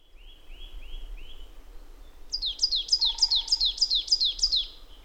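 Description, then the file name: Marsh tit calls: four soft, slurred low notes, then a fast run of about eight sharp, high, downslurred notes, roughly three per second, over faint background hiss. "Poecile palustris"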